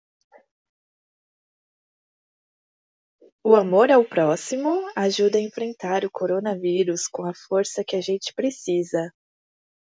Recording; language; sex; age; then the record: spoken sentence; Brazilian Portuguese; female; 30 to 39 years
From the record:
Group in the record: control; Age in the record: 35 years